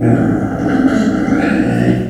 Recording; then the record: squeal of a Yucatan mini pig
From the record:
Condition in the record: after surgery on the right vocal fold (resection and tissue-engineered implant); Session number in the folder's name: 3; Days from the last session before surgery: 21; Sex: female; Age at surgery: 19 weeks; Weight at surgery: 25 kg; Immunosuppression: prednisolone